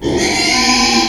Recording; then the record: squeal of a Yucatan mini pig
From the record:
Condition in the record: after surgery on the right vocal fold (resection and tissue-engineered implant); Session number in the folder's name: 2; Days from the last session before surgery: 13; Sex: male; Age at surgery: 12 weeks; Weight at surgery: 13 kg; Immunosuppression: cyclosporine, prednisolone